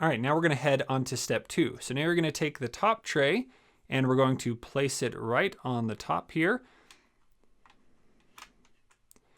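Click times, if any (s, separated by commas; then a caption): 9.1 s. Someone talks, then the plastic top tray of a Whitestone Dome Glass screen protector installation jig is placed onto the bottom tray holding a Galaxy S20 phone and pressed down, with soft handling taps after 6.9 s. A sharp click at 9.1 s marks the top tray locking into place so it won't move.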